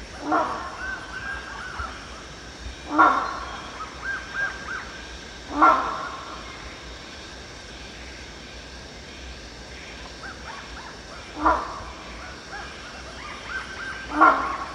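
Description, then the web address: Rhinoceros hornbill giving four rasping, nasal honks spaced a few seconds apart, over faint background forest sounds. Recorded at Danum on 1 January 2008. "DANUM 20080101. rhinoceros hornbill"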